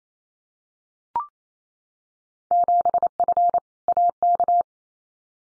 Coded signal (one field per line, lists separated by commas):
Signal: Morse code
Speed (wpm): 28 wpm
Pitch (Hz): 700 Hz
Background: none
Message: 7F AK